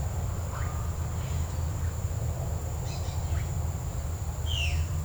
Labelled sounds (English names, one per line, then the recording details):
Violaceous Jay
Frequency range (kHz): Violaceous Jay 1.8-7.3 kHz
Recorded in secondary vegetation near Puerto Asís, Putumayo, Colombia, on 20 December 2024 at 09:00
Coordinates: 0.499, -76.323
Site G010